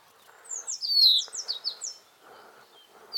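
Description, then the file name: Common chaffinch song: a quick run of downslurred notes over soft background noise. "Fringilla coelebs"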